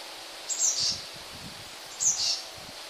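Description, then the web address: Eurasian blue tit song: two brief, very high phrases, each a sharp note dropping into a short buzzy trill, against steady hiss. "wroblowe kolekcja modraszka"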